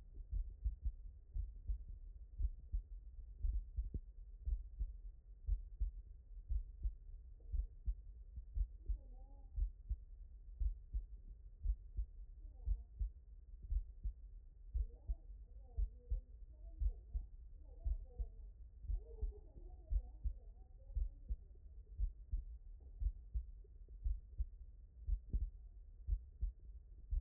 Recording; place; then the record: heart sounds by stethoscope; tricuspid valve (TV)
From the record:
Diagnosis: non-HFrEF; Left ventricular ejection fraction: 55%